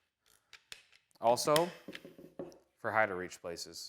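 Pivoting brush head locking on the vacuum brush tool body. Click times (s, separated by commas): 0.7 s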